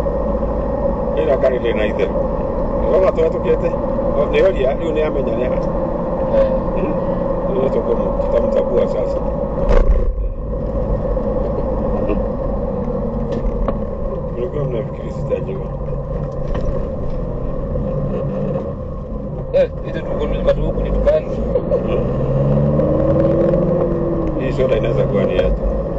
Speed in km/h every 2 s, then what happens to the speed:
56, 60, 61, 62, 60, 55, 48, 24, 19, 20, 18, 32, 35.
0-6 steady at about 60. 6-19 slows to 18. 20-23 speeds up to 35.